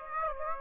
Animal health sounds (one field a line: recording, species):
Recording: mosquito wingbeat signal from an infrared sensor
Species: Aedes aegypti